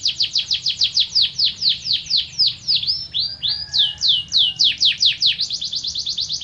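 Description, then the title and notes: Atlantic canary singing a steady stream of sharp, sweeping notes repeated several times a second, with a brief flatter whistled phrase in the middle. Canary (kenari) master song, a tutor song used for training other canaries to sing. "Suara Burung Kenari Masteran. master suara burung kenari mantap"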